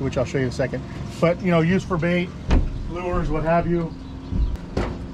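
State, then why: Seated. Someone talks while a fillet knife holder is set into the mounting base system at the bait table of a 2024 25ft North River fishing boat. A sharp click at 4.8 seconds marks the holder locking into place in the base.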